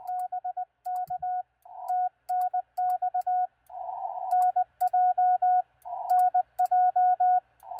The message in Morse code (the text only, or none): BK TNX NJ NJ